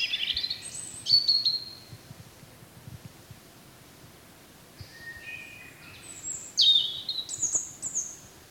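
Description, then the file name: European robin song: two bursts of high, sweet whistled phrases with sliding notes, separated by a pause. "Erithacus rubecula"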